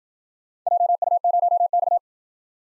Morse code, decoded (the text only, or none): JU0X